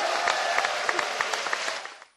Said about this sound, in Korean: 600여 분의 방청객분들이 이 자리에 함께 하셨습니다. 전국에서 방송을 함께 하고 계신 우리 청취자 여러분께 같이 응원의 박수 좀 부탁드릴게요. 잘 오셨습니다.